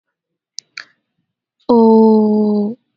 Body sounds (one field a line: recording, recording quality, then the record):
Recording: sustained vowel as in boot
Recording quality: excellent, no background noise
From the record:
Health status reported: healthy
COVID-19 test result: negative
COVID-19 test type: RT-PCR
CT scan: not taken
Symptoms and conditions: none ticked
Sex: female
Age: 21 years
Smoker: no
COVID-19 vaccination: both doses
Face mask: worn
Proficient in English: yes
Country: India